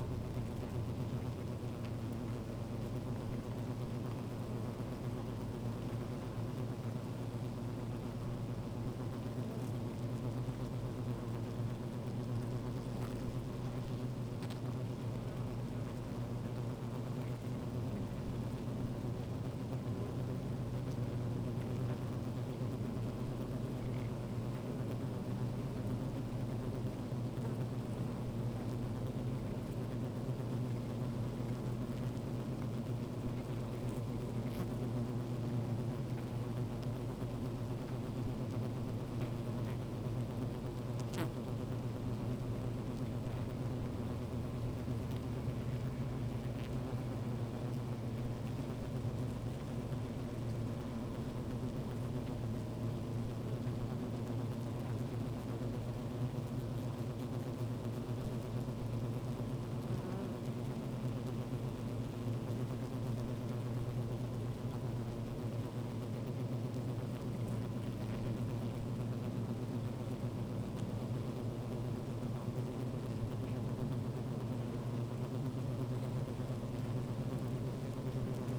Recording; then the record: honeybee colony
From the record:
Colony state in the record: active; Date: 28 July 2017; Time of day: 15:28